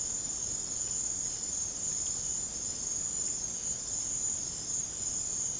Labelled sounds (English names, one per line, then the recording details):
none
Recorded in secondary vegetation near Puerto Asís, Putumayo, Colombia, on 26 December 2024 at 03:30
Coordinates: 0.489, -76.322
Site G059